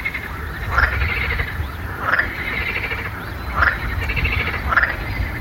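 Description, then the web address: Frog croaking, four grating calls roughly every second and a half, over a faint low rumble. "лягушки"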